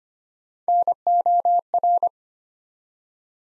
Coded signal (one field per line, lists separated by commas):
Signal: Morse code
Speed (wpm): 25 wpm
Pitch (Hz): 700 Hz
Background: none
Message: NOR